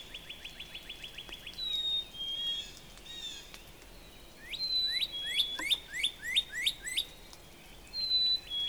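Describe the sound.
Northern Cardinal song: fast repeated downslurred whistles, drawn-out slurred notes, then a loud rhythmic burst of several notes and a closing whistle.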